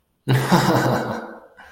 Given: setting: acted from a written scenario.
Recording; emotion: vocal sound without words; amusement